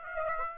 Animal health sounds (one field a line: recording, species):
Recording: mosquito wingbeat signal from an infrared sensor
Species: Aedes aegypti